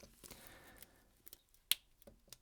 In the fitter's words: nice positive click to the clasp a nice positive second click to the flip lock